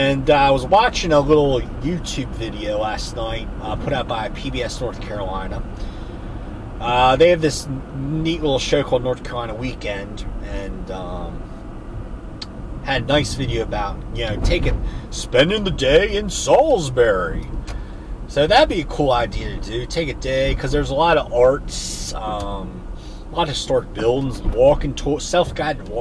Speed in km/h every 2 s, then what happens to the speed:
68, 68, 66, 66, 58, 53, 52, 48, 47, 44, 42, 39, 27.
0-6 steady at about 66. 6-26 slows to 27.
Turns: none.